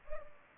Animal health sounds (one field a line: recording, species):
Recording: mosquito wingbeat signal from an infrared sensor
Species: Culex pipiens